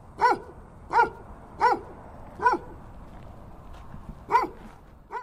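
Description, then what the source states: Dog barking: six sharp, mid-pitched barks, four at roughly regular intervals, then a pause before two more. Two dogs, in Denver.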